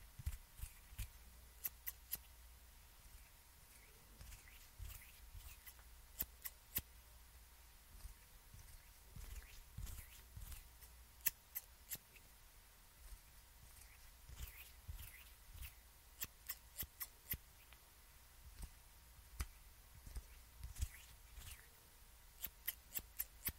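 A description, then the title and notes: Hand movements and scissors make a series of sharp, bright clicks and snips, often in quick clusters of two or three, scattered through the whole stretch. Between them come soft rustles and low thuds over a quiet, steady hum. HAND MOVEMENTS, SCISSORS.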